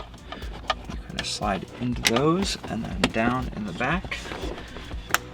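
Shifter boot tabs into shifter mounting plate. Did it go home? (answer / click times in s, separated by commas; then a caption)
yes / 5.1 s. A shifter boot on an Audi B8/B8.5 is put back in, with its tabs slid under the barbs on the front of the shifter mounting plate and then pressed down at the back, while someone talks. A sharp click at 5.1 s marks the boot tabs seating under the plate.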